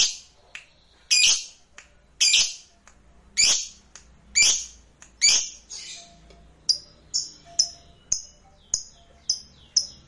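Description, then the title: Lovebird calls: loud rasping squawks at first, then a quick run of short, sharp high chirps repeated roughly every half second. "Suara Lovebird Ini"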